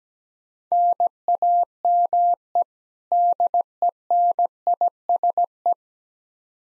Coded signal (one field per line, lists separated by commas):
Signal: Morse code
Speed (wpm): 17 wpm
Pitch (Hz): 700 Hz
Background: none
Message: NAME DENISE